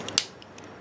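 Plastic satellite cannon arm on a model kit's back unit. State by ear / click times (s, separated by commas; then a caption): seated / 0.2 s. A movable plastic satellite cannon arm on a model kit's back unit is pushed in through a tight spot, with a faint tick at 0.1 s before a sharp, bright plastic click at 0.2 s as it snaps into its set position. A few softer ticks follow near 0.4 and 0.6 s, and the cannon is seated.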